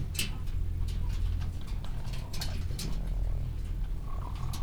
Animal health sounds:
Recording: poultry house recording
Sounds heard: sick chickens (respiratory disease)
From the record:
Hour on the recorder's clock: 15

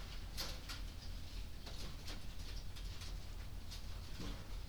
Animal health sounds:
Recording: poultry house recording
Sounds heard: no chicken sound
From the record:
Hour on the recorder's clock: 21

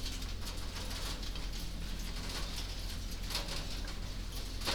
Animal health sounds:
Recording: poultry house recording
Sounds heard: no chicken sound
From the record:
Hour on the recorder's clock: 21

